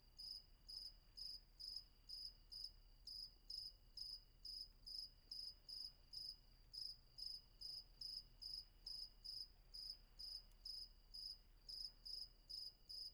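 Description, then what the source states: Cricket chirps in a steady rhythm of brief high pulsed bursts, roughly two per second, over a faint continuous lower tone. Night ambience with crickets at Vagia, Patmos, Greece; recorded with a Fostex FR-2 and an MKH800 microphone.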